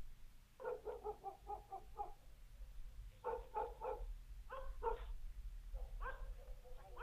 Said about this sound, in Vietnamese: Vậy mà ngày hôm nay, đang lúc bực bội, gã bỗng nhiên nghe tiếng chó sủa ở cuối làng. Tiếng chó cắn ông ổng vang lên.